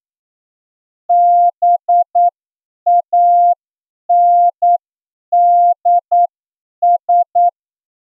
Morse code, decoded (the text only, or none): BANDS